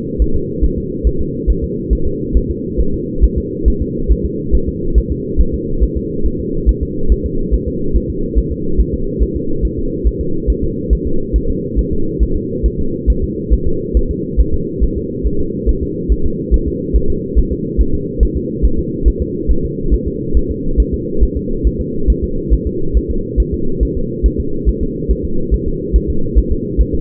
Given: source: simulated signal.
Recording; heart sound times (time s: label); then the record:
fetal heart sounds
0.22 s: S1
0.36 s: S2
0.64 s: S1
0.78 s: S2
1.07 s: S1
1.21 s: S2
1.50 s: S1
1.64 s: S2
1.93 s: S1
2.07 s: S2
2.37 s: S1
2.50 s: S2
2.81 s: S1
2.94 s: S2
3.24 s: S1
3.38 s: S2
3.68 s: S1
3.82 s: S2
4.12 s: S1
4.25 s: S2
4.55 s: S1
4.69 s: S2
4.98 s: S1
5.12 s: S2
5.41 s: S1
5.54 s: S2
5.83 s: S1
5.97 s: S2
6.26 s: S1
6.40 s: S2
6.69 s: S1
6.83 s: S2
7.12 s: S1
7.26 s: S2
7.54 s: S1
7.68 s: S2
7.97 s: S1
8.10 s: S2
8.38 s: S1
8.52 s: S2
8.80 s: S1
8.94 s: S2
9.22 s: S1
9.36 s: S2
9.65 s: S1
9.79 s: S2
10.07 s: S1
10.21 s: S2
10.50 s: S1
10.64 s: S2
10.93 s: S1
11.07 s: S2
11.36 s: S1
11.50 s: S2
11.79 s: S1
11.93 s: S2
12.23 s: S1
12.37 s: S2
12.66 s: S1
12.80 s: S2
13.10 s: S1
13.24 s: S2
13.53 s: S1
13.67 s: S2
13.97 s: S1
14.11 s: S2
14.40 s: S1
14.54 s: S2
14.84 s: S1
14.97 s: S2
15.26 s: S1
15.40 s: S2
15.69 s: S1
15.83 s: S2
16.12 s: S1
16.26 s: S2
16.54 s: S1
16.68 s: S2
16.96 s: S1
17.10 s: S2
17.38 s: S1
17.52 s: S2
17.81 s: S1
17.94 s: S2
18.23 s: S1
18.37 s: S2
18.65 s: S1
18.79 s: S2
19.08 s: S1
19.22 s: S2
19.51 s: S1
19.65 s: S2
19.94 s: S1
20.07 s: S2
20.37 s: S1
20.51 s: S2
20.80 s: S1
20.94 s: S2
21.23 s: S1
21.37 s: S2
21.67 s: S1
21.81 s: S2
22.10 s: S1
22.24 s: S2
22.53 s: S1
22.67 s: S2
22.97 s: S1
23.11 s: S2
23.40 s: S1
23.54 s: S2
23.83 s: S1
23.97 s: S2
24.26 s: S1
24.40 s: S2
24.69 s: S1
24.82 s: S2
25.11 s: S1
25.25 s: S2
25.54 s: S1
25.68 s: S2
25.96 s: S1
26.10 s: S2
26.38 s: S1
26.52 s: S2
26.81 s: S1
26.94 s: S2
From the record:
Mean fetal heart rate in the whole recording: 140 bpm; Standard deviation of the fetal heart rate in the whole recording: 2 bpm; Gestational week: 34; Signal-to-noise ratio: -8.1 dB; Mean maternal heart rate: 72 bpm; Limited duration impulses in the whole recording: absent